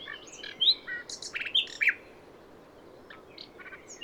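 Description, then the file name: Common nightingale: songbird phrase of scattered chips, short whistles and brief buzzy notes, irregular and fairly quiet. "Luscinia megarhynchos"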